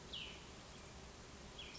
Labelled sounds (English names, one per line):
Cassin's Vireo